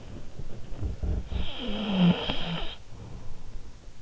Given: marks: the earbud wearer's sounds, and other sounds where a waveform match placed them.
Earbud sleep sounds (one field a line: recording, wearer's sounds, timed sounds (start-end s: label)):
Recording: sounds in sleep by an in-ear microphone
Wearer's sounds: snoring breath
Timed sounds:
0.00-3.79 s: sound from someone else or the room
1.39-3.79 s: snoring breath